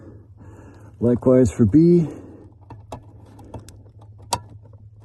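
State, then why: Seated. Someone talks briefly as wiring harness connector B is pushed into a Lexus power mirror ECU the same way as connector A. A few faint plastic ticks follow, then a sharp click at 4.3 s as the connector seats.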